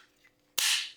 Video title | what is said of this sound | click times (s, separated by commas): Is this the BEST mixer for 100% Freshly Milled Wheat? - Bosch Universal Mixer Plus FULL Review | this clicks into place | 0.6 s